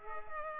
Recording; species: mosquito wingbeat signal from an infrared sensor; Culex pipiens